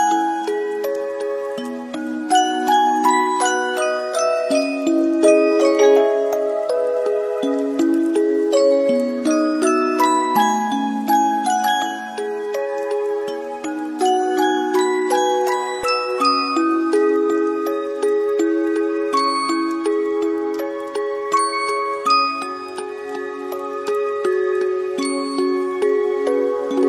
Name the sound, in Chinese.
雨声八音盒